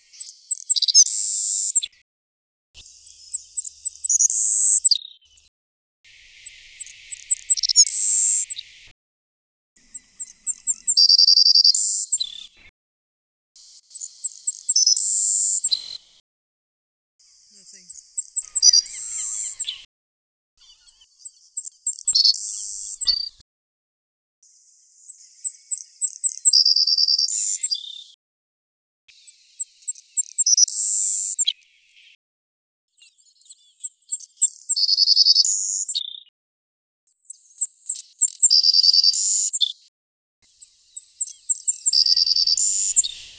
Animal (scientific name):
Passerculus sandwichensis